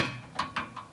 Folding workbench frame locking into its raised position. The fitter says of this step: and it clicks into place